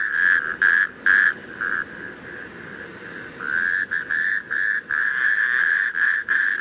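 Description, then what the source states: Natterjack toad rolling, ratcheting trills, first in short bursts, then in longer runs. Several natterjack toads calling.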